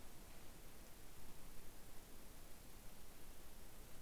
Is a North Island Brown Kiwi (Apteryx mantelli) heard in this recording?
no